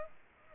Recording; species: mosquito wingbeat signal from an infrared sensor; Culex pipiens